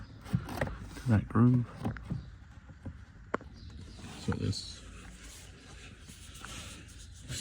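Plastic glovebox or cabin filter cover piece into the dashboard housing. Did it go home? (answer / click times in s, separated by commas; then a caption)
yes / 6.4 s. In a 2020 Kia Rio, after the cabin air filter is slid into its groove, a plastic glovebox or cabin filter cover piece is pushed back into the dashboard housing while someone talks. A single sharp click at 6.5 s marks the trim piece snapping back in, seated.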